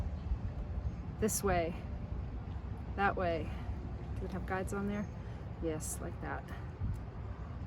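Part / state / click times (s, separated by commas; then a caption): solar panel cable connector into mating connector / not seated / none. Two plastic cable connectors from a BougeRV Yuma 200 flexible solar panel are handled while being lined up to push together, over a steady low background rumble as someone talks. Nothing has seated or clicked yet; the clip ends just before the connector latches into its mating connector.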